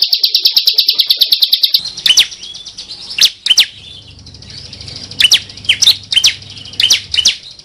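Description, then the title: Bar-winged prinia song opening with a fast, even trill of high notes, then scattered sharp descending chirps over a soft hum. Training song from 2019 combining the semi and crystal (kristal) song styles. "Masteran 2019 Cisem Ciblek Semi Dan Cikris Ciblek Kristal"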